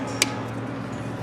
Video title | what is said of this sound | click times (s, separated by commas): Chevrolet 2500HD 6.6: Allison Transmission Won't Shift P2669 | I just clicked on and | 0.2 s